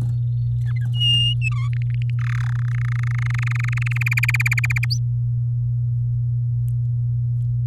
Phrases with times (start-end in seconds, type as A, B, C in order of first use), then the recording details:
0.63-0.85 A, 0.94-1.34 B, 1.41-1.68 C, 1.73-2.10 D, 2.19-2.50 E, 2.52-3.98 F, 4.01-4.85 G, 4.90-4.98 H. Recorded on 6 May 2018 at 12:00. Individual llb16